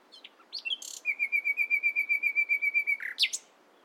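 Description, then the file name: Common nightingale song, a long run of quick, even, pulsing whistled notes, closed by a sharp high flourish. "Luscinia megarhynchos"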